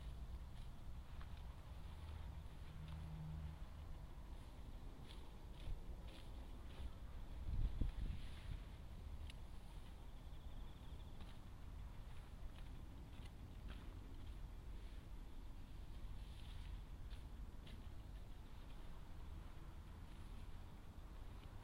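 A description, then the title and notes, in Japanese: Weeding and lifting vines in a sweet potato field, under a steady low rumble like wind or a far engine. A brief hum sounds near three seconds and a louder thump with rustling comes around eight seconds, while faint clicks and scrapes recur sparsely throughout. 環境音 風音あり サツマイモ除草とツル上げ。ツル上げ(地面に触れた茎から根が出てしまうので、一旦はがす作業)をしながら、葉の間から伸びている草を、カマ刈っていきます。畝を行ったり来たり、音が入っていない間も遠くでずっと作業しています。コオロギなど秋虫鳴いています。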